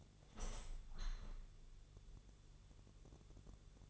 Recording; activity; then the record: daily activity, microphone in the room; open window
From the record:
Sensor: 4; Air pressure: 1001.2 hPa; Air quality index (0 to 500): 168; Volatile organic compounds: 2 ppm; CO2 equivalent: 1204 ppm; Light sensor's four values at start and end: 13/29/12/13 and 13/29/12/13